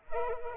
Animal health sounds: mosquito wingbeat signal from an infrared sensor; Culex pipiens

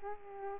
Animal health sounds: mosquito wingbeat signal from an infrared sensor; Culex pipiens

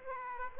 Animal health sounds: mosquito wingbeat signal from an infrared sensor; Aedes aegypti

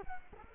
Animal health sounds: mosquito wingbeat signal from an infrared sensor; Culex quinquefasciatus

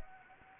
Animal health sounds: mosquito wingbeat signal from an infrared sensor; Anopheles arabiensis

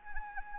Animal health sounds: mosquito wingbeat signal from an infrared sensor; Anopheles arabiensis

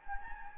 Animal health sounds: mosquito wingbeat signal from an infrared sensor; Anopheles gambiae

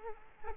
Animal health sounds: mosquito wingbeat signal from an infrared sensor; Aedes aegypti

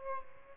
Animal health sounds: mosquito wingbeat signal from an infrared sensor; Aedes aegypti

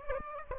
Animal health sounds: mosquito wingbeat signal from an infrared sensor; Aedes aegypti

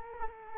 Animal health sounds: mosquito wingbeat signal from an infrared sensor; Culex quinquefasciatus

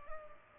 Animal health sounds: mosquito wingbeat signal from an infrared sensor; Culex pipiens

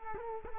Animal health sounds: mosquito wingbeat signal from an infrared sensor; Culex quinquefasciatus

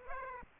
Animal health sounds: mosquito wingbeat signal from an infrared sensor; Aedes aegypti

